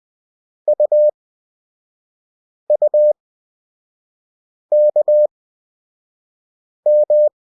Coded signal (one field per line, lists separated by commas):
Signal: Morse code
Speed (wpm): 20 wpm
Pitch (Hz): 600 Hz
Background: none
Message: UUKM